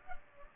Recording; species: mosquito wingbeat signal from an infrared sensor; Culex pipiens